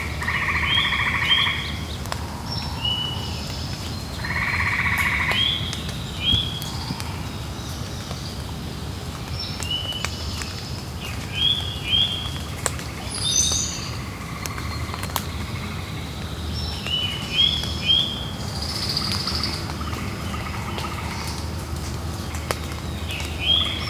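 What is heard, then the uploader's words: Soft drips tick on leaves now and then, sharp little taps scattered through a low, steady hush. Over them, birds and possibly frogs keep up a busy chorus of short chirps and warbles, with a louder buzzing call returning near the start and again around five seconds. Soft Drips on the Leaves.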